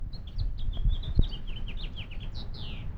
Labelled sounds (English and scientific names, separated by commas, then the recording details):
House Finch (Haemorhous mexicanus) song
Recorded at Lynbrook on Long Island, New York, on 17 June 1975
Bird E